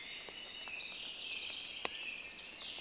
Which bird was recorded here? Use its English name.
Common Chaffinch